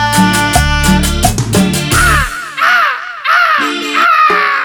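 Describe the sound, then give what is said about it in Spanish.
A parrot squawks loudly in a series of about five harsh, raspy calls with rising-and-falling pitch, coming right after a short burst of rhythmic music. “Escuchen de verdad, loro, vuelve a tu jaula.”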